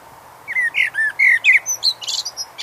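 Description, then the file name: Eurasian blackbird sings rounded, fluted whistles that give way to a strained, high squeaky ending. "Turdus merula"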